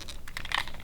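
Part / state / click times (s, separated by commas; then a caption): flat plastic attachment piece onto a spinning-top toy part / not seated / none. A flat plastic level piece is fitted onto a plastic Beyblade X spinning-top part, making a quick run of small, sharp plastic ticks and taps, the loudest around 0.55 s. The piece sits on the part, but nothing has clicked into place.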